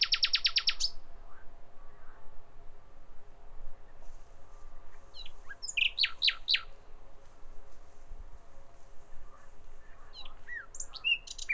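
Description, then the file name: Common nightingale song opening with a brisk run of repeated notes, followed by sparse chips and whistles. "Nachtigall"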